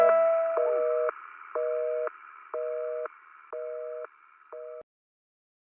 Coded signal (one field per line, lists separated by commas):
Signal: telephone call progress tone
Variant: North America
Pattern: busy tone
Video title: Catch Your Breath - Dial Tone (Legendado/Tradução)